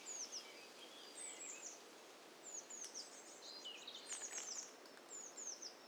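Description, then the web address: Several birds chirping, with thin high downward-sweeping notes in short runs and a few lower twittering phrases overlapping throughout. Mixture of several birds in hi-fi stereo. "Hi Fi STEREO BIRD COCKTAIL PARTY Challenge SBCP TESTSET HDBird Cocktail Party"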